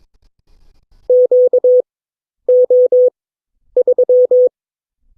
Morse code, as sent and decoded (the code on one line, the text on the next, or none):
--.- --- ...--
QO3